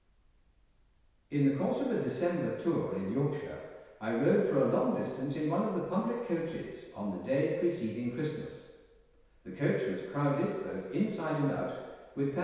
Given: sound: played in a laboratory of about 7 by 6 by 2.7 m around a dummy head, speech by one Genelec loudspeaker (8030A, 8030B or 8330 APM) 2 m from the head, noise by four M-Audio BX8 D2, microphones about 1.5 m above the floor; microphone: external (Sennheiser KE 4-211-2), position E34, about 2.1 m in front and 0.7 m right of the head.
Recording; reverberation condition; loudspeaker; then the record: male speech in English; high; 120 degrees to the left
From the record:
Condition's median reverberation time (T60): about 1300 ms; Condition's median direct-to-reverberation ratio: about -4.0 dB